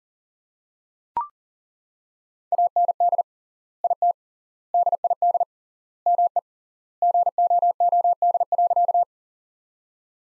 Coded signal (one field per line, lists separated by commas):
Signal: Morse code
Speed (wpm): 37 wpm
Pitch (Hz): 700 Hz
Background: none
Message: AND IT DID ME GOOD.